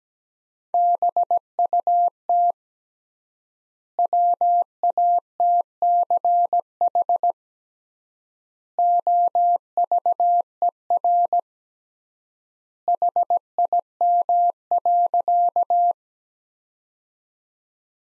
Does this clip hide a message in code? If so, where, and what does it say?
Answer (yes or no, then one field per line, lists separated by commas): yes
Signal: Morse code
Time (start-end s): 0.7-15.9 s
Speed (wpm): 17 wpm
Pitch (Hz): 700 Hz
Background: none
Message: BUT WATCH OVER HIM.